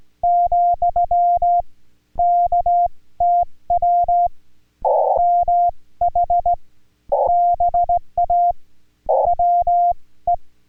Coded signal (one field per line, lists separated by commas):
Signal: Morse code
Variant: Korean alphabet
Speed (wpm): 17 wpm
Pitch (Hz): 700 Hz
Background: music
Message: , 업 무 도 바